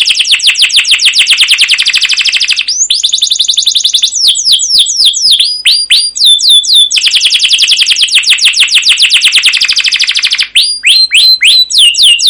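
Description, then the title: Canary song with long rapid trills, a shift into buzzy rolling phrases and separate whistled notes, then the fast trilling resumes. Canary song used as a lure (pancingan) to train other canaries; described as gacor, long, with cuit cuit notes and ngerol rolling phrases. "CUIT CUIT NGEROL LANGSUNG GACOR PANJANG Kenari Ini AMPUH Utk Pancingan KENAR Masteran Suara Burung Kenari Gacor Panjang cuit cuit Ngerol untuk Pancingan Kenari!"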